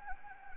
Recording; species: mosquito wingbeat signal from an infrared sensor; Anopheles gambiae